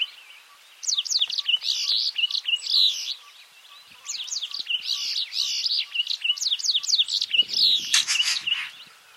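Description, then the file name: Brimstone canary singing high, rapid warbled phrases of trills and slurred notes in two long bursts with a short pause between. "kenari brimstone"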